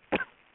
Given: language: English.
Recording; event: throat vibration sensor signal played as sound; cough